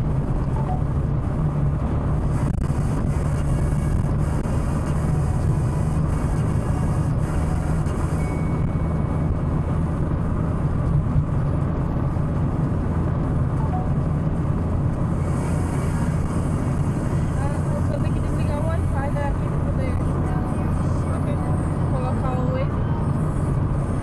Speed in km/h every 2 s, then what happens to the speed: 82, 86, 90, 92, 93, 95, 96, 97, 98, 99, 99, 100.
0-7 speeds up to 93. 7-24 steady at about 97.